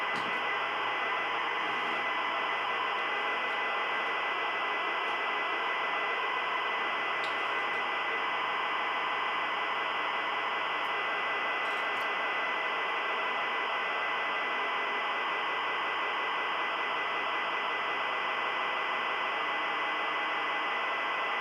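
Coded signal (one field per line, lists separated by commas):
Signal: ZX Spectrum tape loading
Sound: steady harsh screeching data hiss throughout, with buried tones around one and two kilohertz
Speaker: hope it works because types aren't reliable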